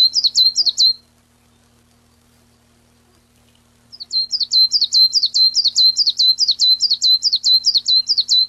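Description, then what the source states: Common chiffchaff song: a short burst of see-sawing notes, three seconds of silence, then a long even sequence of repeated chiff-chaff syllables. Recorded 15 June 1993.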